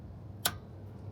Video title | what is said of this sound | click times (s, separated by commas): How to Repack Bearings Without Repacking Your Dignity (Bonus: New Podcast!) | Bam. Snap right into place. | 0.5 s